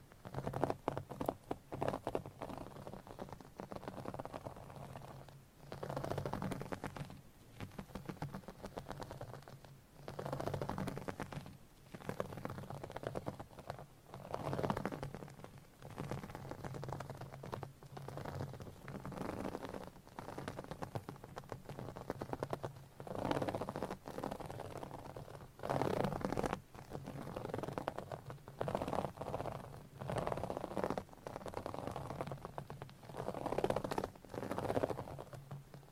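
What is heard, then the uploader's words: Dense scratching and tapping on a mic, coming in bursts of a few seconds separated by brief quiet gaps. The texture is crackly and rain-like, with a steady low hum underneath and brighter rustling peaks throughout. ASMR Scratching , Tapping & Massage with DIFFERENT Mics , Items & Nails No Talking.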